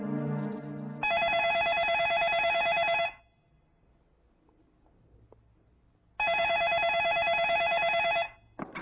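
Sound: telephone ringing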